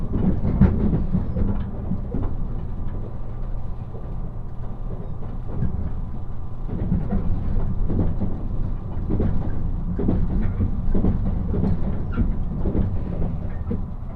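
Inside a Nishi-Kyushu Shinkansen train running from Nagasaki toward Saga, a steady low rumble fills the whole clip. Short knocks and rattles recur every second or so, thicker after about seven seconds, over a faint constant hum.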